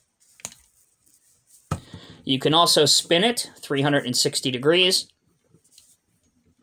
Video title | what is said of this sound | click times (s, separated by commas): Diecast Masters Cat M323F Railroad Wheeled Excavator Unboxing & Review | and then hook over the back portion until you hear a click | 0.5 s